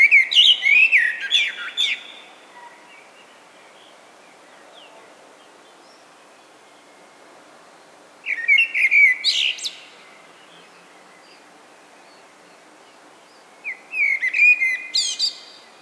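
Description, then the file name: Common blackbird singing three separate phrases, each a melodious whistle running into thin high chattering, with long pauses between. "Turdus merula"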